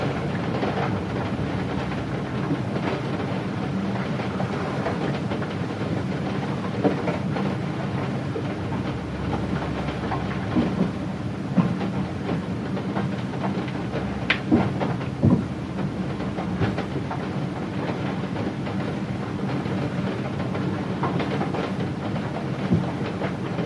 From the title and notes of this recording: Rain Hitting Window. This is the relaxing sound of heavy rain hitting a window in a remote countryside house.